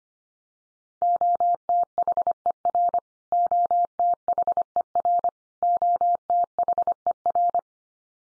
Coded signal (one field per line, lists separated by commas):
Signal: Morse code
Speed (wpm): 25 wpm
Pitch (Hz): 700 Hz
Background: none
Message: OTHER OTHER OTHER